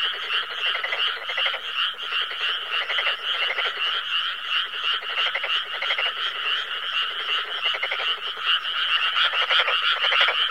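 Frog chorus, rattling croak bursts repeating rapidly over a constant trilling mass of callers.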